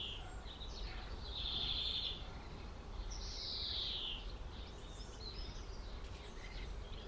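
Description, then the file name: European greenfinch uttering two long buzzy wheezes, the second slurring downward, with faint soft chirps and a steady low rumble behind. "Chloris chloris"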